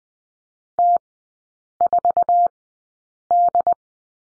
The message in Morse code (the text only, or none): T4D